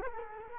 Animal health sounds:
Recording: mosquito wingbeat signal from an infrared sensor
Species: Culex quinquefasciatus

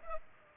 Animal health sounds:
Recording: mosquito wingbeat signal from an infrared sensor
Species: Culex pipiens

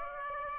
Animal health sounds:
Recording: mosquito wingbeat signal from an infrared sensor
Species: Aedes aegypti

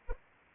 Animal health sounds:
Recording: mosquito wingbeat signal from an infrared sensor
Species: Anopheles arabiensis

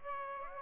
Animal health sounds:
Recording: mosquito wingbeat signal from an infrared sensor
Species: Aedes aegypti

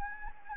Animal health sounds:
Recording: mosquito wingbeat signal from an infrared sensor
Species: Anopheles gambiae

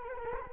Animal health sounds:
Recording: mosquito wingbeat signal from an infrared sensor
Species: Culex quinquefasciatus

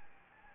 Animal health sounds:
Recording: mosquito wingbeat signal from an infrared sensor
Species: Anopheles gambiae

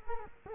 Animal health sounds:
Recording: mosquito wingbeat signal from an infrared sensor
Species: Culex quinquefasciatus

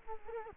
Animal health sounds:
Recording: mosquito wingbeat signal from an infrared sensor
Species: Culex quinquefasciatus

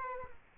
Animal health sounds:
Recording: mosquito wingbeat signal from an infrared sensor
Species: Culex quinquefasciatus

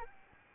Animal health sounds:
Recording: mosquito wingbeat signal from an infrared sensor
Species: Aedes albopictus

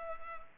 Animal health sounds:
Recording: mosquito wingbeat signal from an infrared sensor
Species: Culex pipiens

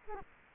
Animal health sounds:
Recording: mosquito wingbeat signal from an infrared sensor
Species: Culex quinquefasciatus

